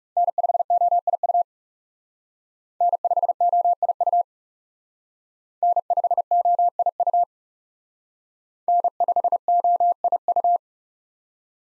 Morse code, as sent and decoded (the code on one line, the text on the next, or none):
-. ..... --- .. ..- / -. ..... --- .. ..- / -. ..... --- .. ..- / -. ..... --- .. ..-
N5OIU N5OIU N5OIU N5OIU